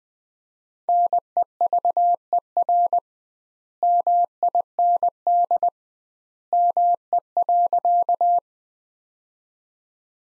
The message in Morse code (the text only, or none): NEVER MIND ME.